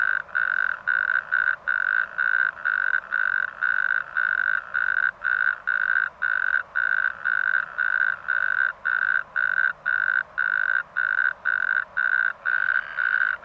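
Natterjack toad calling: a loud, rattling, steady-pitched purr in short bursts, repeated about twice a second without pause throughout.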